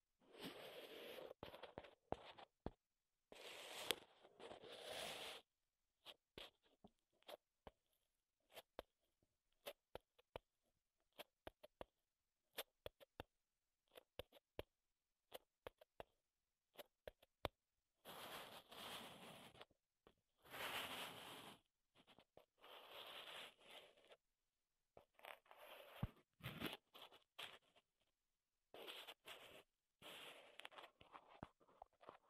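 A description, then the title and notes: Wooden ASMR triggers: brisk scraping and scratching strokes alternate with sharp taps and clicks, separated by moments of silence. Longer rasping passages arrive around 4–5, 19–22 and 26–30 seconds, while the gaps between them are dotted with quick isolated knocks. ASMR Wood Triggers in Your Ears (No Talking).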